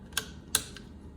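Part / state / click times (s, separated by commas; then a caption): plastic retaining clip on a water softener bypass/connection fitting / seated / 0.6 s. A plastic retaining clip is pushed back in on a water softener bypass/connection fitting after the lubricated O-ring connection piece slides into the softener valve port. A light tick at 0.2 s comes before a sharp, bright snap at 0.6 s, followed by a faint tick at 0.8 s. The clip snaps into place and is seated.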